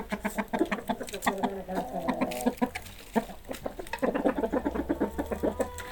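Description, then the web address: Chicken clucking: dense clucks and short calls throughout. "sounds animals chickens"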